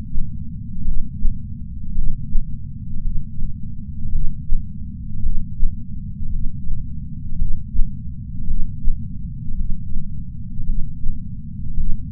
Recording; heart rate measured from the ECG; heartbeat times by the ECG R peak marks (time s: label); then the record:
heart sounds by patch sensor on the chest; 55 bpm
0.83 s: heartbeat
1.93 s: heartbeat
3.01 s: heartbeat
4.10 s: heartbeat
5.21 s: heartbeat
6.30 s: heartbeat
7.37 s: heartbeat
8.45 s: heartbeat
9.56 s: heartbeat
10.64 s: heartbeat
11.75 s: heartbeat
From the record:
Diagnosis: coronary artery disease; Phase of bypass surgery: preoperative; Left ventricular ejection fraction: 62%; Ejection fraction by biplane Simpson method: 62.4%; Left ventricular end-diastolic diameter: 51 mm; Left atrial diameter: 40 mm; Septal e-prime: 9.2 cm/s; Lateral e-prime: 9.2 cm/s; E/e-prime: 8.2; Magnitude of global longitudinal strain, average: 18.8%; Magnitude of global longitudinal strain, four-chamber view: 19.4%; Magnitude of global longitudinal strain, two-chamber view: 19%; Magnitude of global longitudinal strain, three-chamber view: 18.1%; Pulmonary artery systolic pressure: 24 mmHg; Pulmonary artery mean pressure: 10 mmHg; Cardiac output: 4.7 L/min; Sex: male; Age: 57 years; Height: 175 cm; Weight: 80 kg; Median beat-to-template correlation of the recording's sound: 0.88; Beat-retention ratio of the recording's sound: 0.93